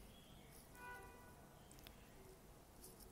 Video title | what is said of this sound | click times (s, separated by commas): How to Replace the Antenna of RadioLink AT10II Transmitter? | push hard of the antenna until you hear a click then | 1.7 s, 1.8 s, 1.9 s